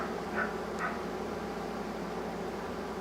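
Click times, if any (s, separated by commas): none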